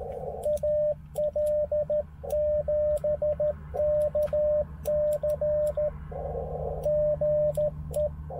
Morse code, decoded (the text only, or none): AL7KC GE